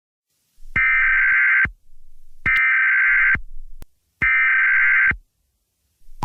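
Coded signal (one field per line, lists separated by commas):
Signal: Emergency Alert System (SAME) tones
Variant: header bursts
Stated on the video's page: Fictional EAS scenario, not a real alert.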